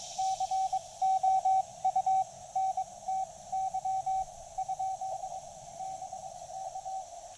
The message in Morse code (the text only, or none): COUNTY? BK